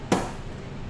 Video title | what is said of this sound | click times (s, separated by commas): [2024] HOW to build a PC - Part 2 - Memory and Storage | right there until it snaps into place and then we can close the tabs | 0.1 s